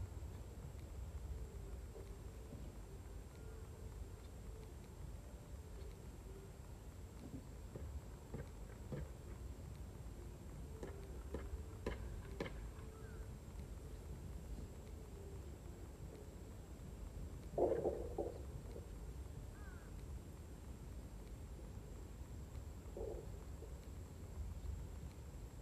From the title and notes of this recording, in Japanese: 機械音あり バインダーで稲刈り、ハザ掛け。